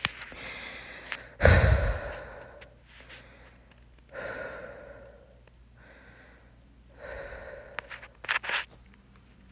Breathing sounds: deep breathing after running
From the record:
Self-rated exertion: moderate exertion (3 of 6); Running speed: 5 miles an hour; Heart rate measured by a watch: 141 beats a minute at the start, 138 at the end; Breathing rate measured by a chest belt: 19 breaths a minute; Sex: female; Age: 18 years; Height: 171 cm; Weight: 75 kg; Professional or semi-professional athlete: no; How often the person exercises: 1 to 2 times a week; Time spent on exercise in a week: under 1 hour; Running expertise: no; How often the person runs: 1 to 2 times a week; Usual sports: running, fencing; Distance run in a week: 3 km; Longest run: 21.3 km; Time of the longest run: 190 minutes

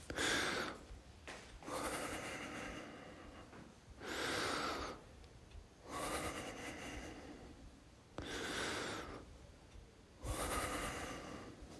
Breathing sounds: deep breathing after running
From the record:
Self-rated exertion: moderate exertion (3 of 6); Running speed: 8 miles an hour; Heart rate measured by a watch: 101 beats a minute at the start, 99 at the end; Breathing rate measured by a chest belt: 14 breaths a minute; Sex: male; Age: 24 years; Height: 185 cm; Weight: 79 kg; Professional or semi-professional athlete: no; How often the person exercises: 1 to 2 times a week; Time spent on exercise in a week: 2 to 3 hours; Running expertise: no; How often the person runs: 1 to 2 times a week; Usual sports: running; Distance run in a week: 20 km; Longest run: 10 km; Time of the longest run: 50 minutes

